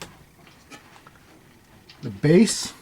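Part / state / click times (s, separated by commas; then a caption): alcohol stove burner into stove base / not seated / none. Someone talks while handling the metal burner of an Origo alcohol stove on top of its base, with faint taps and rustles before a louder burst of speech near the end. Nothing has seated or clicked into the base yet.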